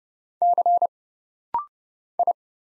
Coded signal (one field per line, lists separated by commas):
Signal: Morse code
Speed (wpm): 30 wpm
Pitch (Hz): 700 Hz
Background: none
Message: C I